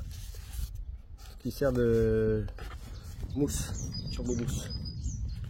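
A foam lance accessory is being handled and fitted toward its storage holder on the body of a Parkside PHDS 110 A1 pressure washer. Someone talks over faint background noise, with a brief tonal squeak around 1.6 to 2.5 s. The clip ends before the part goes home, so nothing has seated or clicked yet.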